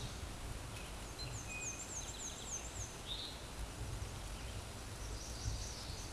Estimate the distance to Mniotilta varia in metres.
about 40 m